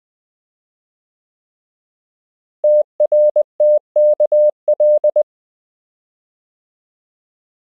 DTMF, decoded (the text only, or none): none